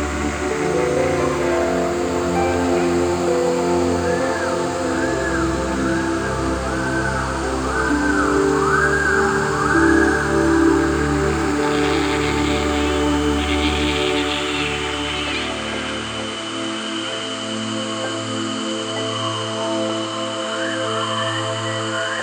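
An echoey jungle night, thick and steady, with a dense bed of low droning and layered tones running throughout. Wavering, swooping calls rise above the mix around the middle, and a bright, buzzing chorus enters near twelve seconds and lingers to the end.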